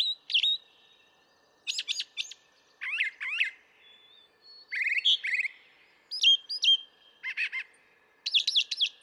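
Brown thrasher singing a varied series of sharp whistled and chattering phrases, each often doubled, with brief gaps between them.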